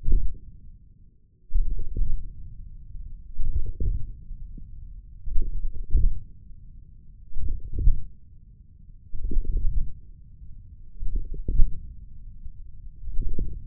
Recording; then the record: forearm muscle sounds (acoustic myography)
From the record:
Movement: wrist extension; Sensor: system 1, eight BSWA MPA416 microphones around the upper forearm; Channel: 5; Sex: male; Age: 28 years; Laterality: right